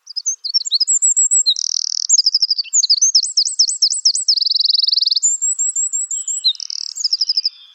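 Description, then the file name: Eurasian wren song, a long loud torrent of high, rapid notes with buzzy trills and zigzagging whistled phrases, running almost without pause for about seven seconds. "Troglodytes troglodytes"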